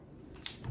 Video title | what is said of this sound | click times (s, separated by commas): How To Install Use and Charge Phillips MCOT Device Heart Monitor | I don't know if you heard that, but there was a little extra snap that went in. | 0.5 s